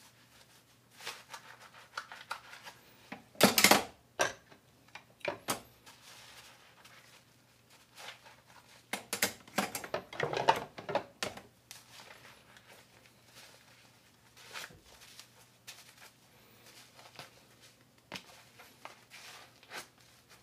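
Sounds around a bowl of bonito tataki ramen: irregular clatters, knocks and scrapes, with the loudest bursts near 3.5 seconds and again around 9 to 11 seconds. Sparser small clicks follow, over a steady low hum that runs throughout.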